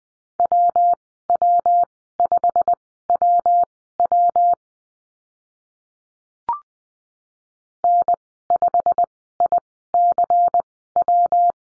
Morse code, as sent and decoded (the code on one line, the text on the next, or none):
.-- .-- ..... .-- .-- / -. ..... .. -.-. .--
WW5WW N5ICW